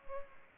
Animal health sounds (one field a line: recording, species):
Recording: mosquito wingbeat signal from an infrared sensor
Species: Culex pipiens